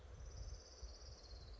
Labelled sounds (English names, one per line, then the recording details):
Orange-crowned Warbler
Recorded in Sonoma County, California